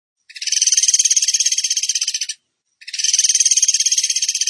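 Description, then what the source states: Bird trill: two long, dense, buzzy rattles, each lasting about two seconds, separated by a half-second pause. Masteran training recording of bird song in the tembakan gacor style.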